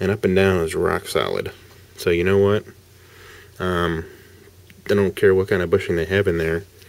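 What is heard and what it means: Someone talks while handling a Kershaw Chill folding knife, checking its blade for wiggle in its handle. Nothing has seated or clicked yet; the clip ends just before the blade snaps into its liner lock, with only a faint sudden sound at 6.8 s.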